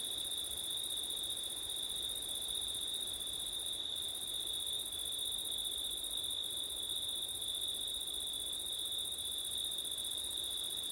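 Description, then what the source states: Continuous high cricket trilling holds steady without pauses, with two shrill tones and a few brief dips in the upper one, over gentle background noise. September night, with wind; ORTF stereo microphone setup.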